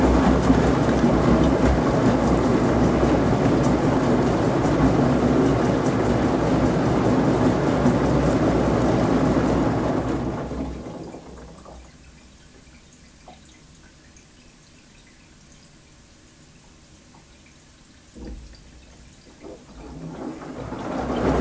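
A washing machine rumbles and churns loudly and steadily for ten seconds, then drops to a quiet hum with occasional soft knocks before building again.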